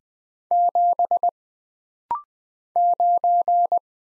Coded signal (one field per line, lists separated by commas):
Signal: Morse code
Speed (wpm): 20 wpm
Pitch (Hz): 700 Hz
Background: none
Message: 7 9